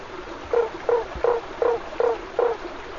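Lund's tree frog calling: six short, low, slightly rasping notes in an even series, over a faint steady hiss.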